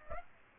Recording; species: mosquito wingbeat signal from an infrared sensor; Aedes aegypti